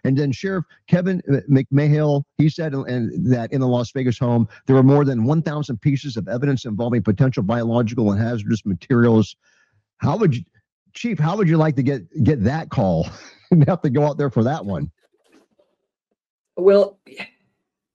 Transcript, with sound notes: And then Sheriff Kevin m- McMayhill, he said, uh, and...
that in the Las Vegas home, there were more than 1,000 pieces of evidence involving potential biological and hazardous materials.How would you- Chief, how would you like to get, get that call (laughs) and have to go out there for that one?
Well...